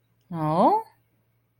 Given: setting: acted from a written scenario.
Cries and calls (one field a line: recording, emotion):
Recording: vocal sound without words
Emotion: interest